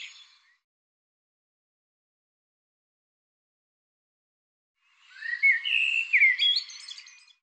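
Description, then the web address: Bird song: a brief fading fragment at the start, a long silence, then a bright phrase of slurred whistles and quick chirps near the end. "cianscape birddata Deverinetal 2025 Bird Tu Me Tu Me"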